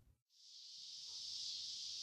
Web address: Nature Songs N America Songs of Insects -Scissor-grinder Cicada